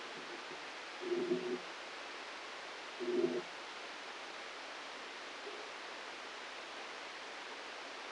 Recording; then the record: brain microelectrode recording played as sound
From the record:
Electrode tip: outside the subthalamic nucleus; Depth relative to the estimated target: 6 mm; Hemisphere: right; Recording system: NeuroSet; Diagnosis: Parkinson's disease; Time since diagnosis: 9 years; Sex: male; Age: 56 years